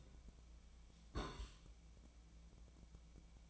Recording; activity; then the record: daily activity, microphone in the room; place on stove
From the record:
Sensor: 1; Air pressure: 1010.0 hPa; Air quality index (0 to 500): 187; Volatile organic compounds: 17 ppm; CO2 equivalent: 2574 ppm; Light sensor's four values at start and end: 38/95/40/49 and 38/96/40/49